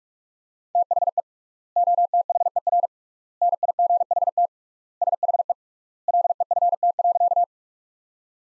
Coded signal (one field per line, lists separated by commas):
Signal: Morse code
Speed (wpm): 46 wpm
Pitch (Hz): 700 Hz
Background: none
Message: THE OTHER NIGHT SHE LEFT.